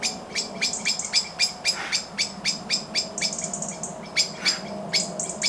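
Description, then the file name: Common blackbird chinking rapidly and insistently, hard metallic clicks tumbling at roughly four per second, interspersed with brief high thin squeaks. "Turdus merula"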